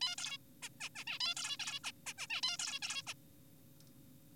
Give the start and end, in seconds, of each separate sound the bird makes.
0.02-0.16, 0.18-0.38, 0.63-0.69, 0.80-0.89, 0.96-1.04, 1.07-1.18, 1.20-1.34, 1.37-1.57, 1.60-1.80, 1.84-1.91, 2.07-2.13, 2.18-2.27, 2.30-2.41, 2.43-2.57, 2.59-2.79, 2.82-3.02, 3.07-3.14